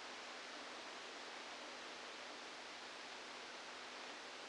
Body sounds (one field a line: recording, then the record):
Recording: brain microelectrode recording played as sound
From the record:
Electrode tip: outside the subthalamic nucleus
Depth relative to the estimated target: -6 mm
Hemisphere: left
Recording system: NeuroSet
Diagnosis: Parkinson's disease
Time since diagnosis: 27 years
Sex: male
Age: 62 years